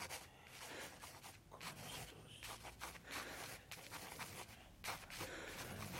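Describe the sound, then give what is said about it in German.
A pencil scratches across paper in quick, irregular strokes as a deaf-mute girl writes down what she wants, a soft dry rasp that starts and stops for several seconds, faint and steady with no voices. “Hier hast du Papier und Bleistift. Schreib auf, was du hier willst.”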